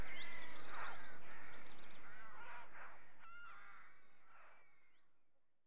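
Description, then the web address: Rooks giving scattered harsh caws and chattering calls, a mix of overlapping birds that fades away toward the end. Rookery with nests. "BBC Sound Effects Library. Rookery"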